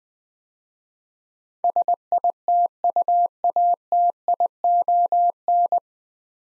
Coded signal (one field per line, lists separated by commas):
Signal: Morse code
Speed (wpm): 20 wpm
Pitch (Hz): 700 Hz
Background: none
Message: SITUATION